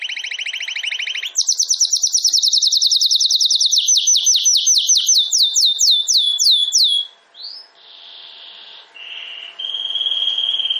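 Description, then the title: Domestic canary song: a quick trill followed by a long series of downward-sweeping notes, then soft sustained whistles and a final steady trill. Belgian canary breed (Canário Belga), singing. "Canário Belga Campainha Canary Singing"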